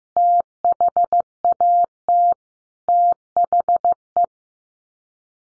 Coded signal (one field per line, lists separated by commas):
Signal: Morse code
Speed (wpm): 15 wpm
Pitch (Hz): 700 Hz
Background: none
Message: THAT THE